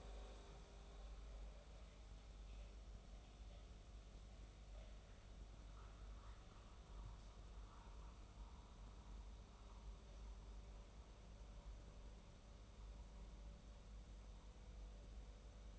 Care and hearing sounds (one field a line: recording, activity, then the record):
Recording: daily activity, microphone in the room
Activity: make coffee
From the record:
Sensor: 1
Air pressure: 994.5 hPa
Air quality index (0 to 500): 228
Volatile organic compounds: 1000 ppm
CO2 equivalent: 8198 ppm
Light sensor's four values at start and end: 145/332/148/163 and 145/332/148/163